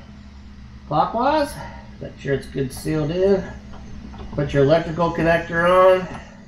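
Someone talks while handling an electrical connector going onto the back of a quarter-turned LED fog light bulb on the driver's side of a Honda Ridgeline, with a steady low hum underneath. The clip ends before the connector goes home, so nothing has seated or clicked yet.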